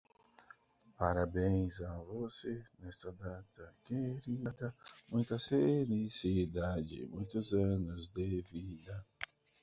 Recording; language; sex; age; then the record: short text; Brazilian Portuguese; male; 40 to 49 years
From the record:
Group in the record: control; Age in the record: 43 years